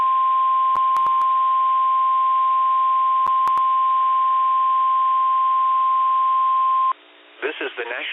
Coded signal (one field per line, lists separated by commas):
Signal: Emergency Alert System (SAME) tones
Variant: 1050 Hz attention tone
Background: speech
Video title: EAS 4746-4751: NOAA Weekly Tests from 11/08-15/23